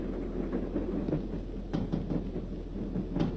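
A military train rushes past at night with a steady, heavy low-pitched rumble, broken by a few sharp clacks of wheels over the rails. No one speaks.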